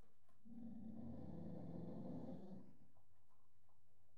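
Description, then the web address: Dog giving a soft, low rumbling growl held for about two seconds, then fading into quiet background hiss. Small dog threatening to attack. "BBC Sound Effects Library. Small Dog Treatening To Attack"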